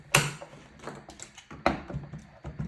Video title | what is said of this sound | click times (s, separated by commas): BEST BABY SIT ME UP FLOOR SEAT ASSEMBLY AND REVIEW | now you hear that it's snapped together | 0.1 s, 1.7 s